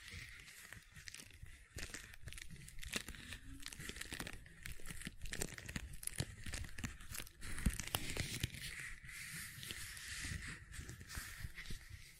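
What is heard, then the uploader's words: Gentle silicon sounds: soft, dense crinkling and tapping clicks scatter unevenly throughout, over a steady bright hiss, with a slight dip near two seconds. ASMR Gentle Silicon Sounds for Sleep (No Talking).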